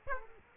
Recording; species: mosquito wingbeat signal from an infrared sensor; Aedes aegypti